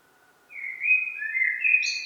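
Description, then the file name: Eurasian blackbird song: a brief fluting phrase of sliding mellow whistles that climbs into a scratchy high ending, with a faint steady tone before it. "Turdus merula"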